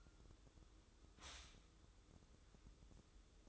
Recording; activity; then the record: daily activity, microphone in the room; stop toaster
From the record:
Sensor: 3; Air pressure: 995.2 hPa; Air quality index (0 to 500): 75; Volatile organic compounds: 5 ppm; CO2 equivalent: 1756 ppm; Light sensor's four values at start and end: 18/55/23/20 and 18/55/23/20